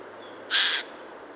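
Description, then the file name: Eurasian jay uttering one brief, rasping screech, harsh and noisy, against a quiet background. "Garrulus glandarius"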